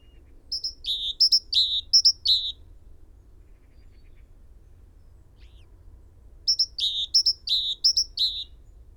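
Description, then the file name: Great tit calls: two bursts of quick alternating high and slightly lower chirping notes, about six notes each, separated by roughly four seconds of quiet. "Parus major"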